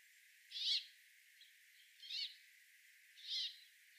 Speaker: The brambling's wheezy song is similar to that of the greenfinch. It is a chuck-chuck sound, followed by a rasping zweek.